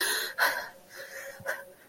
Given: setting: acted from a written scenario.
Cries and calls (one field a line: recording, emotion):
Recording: vocal sound without words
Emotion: distress